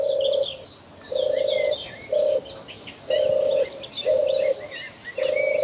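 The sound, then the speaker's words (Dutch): A European turtle dove purrs in a steady rhythm of low, rolling coos, six repeated phrases with short gaps, in the Vrouwenpolder, Zuid-Beveland, Netherlands, while many small birds chirp and twitter faintly in the background. “Zomertortel is de kleinste duif van Nederland.”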